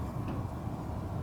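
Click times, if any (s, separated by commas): none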